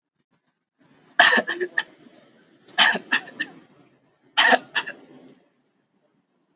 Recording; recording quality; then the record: shallow voluntary cough; moderate, slight background noise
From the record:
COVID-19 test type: RT-PCR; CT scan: not taken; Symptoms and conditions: cold, fever, fatigue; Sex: male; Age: 21 years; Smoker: no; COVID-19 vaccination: both doses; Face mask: worn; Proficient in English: yes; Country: India